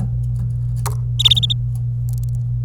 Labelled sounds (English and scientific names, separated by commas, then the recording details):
Domestic Canary (Serinus canaria) song
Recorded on 26 April 2018 at 08:33
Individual llb3